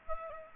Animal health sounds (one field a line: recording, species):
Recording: mosquito wingbeat signal from an infrared sensor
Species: Aedes aegypti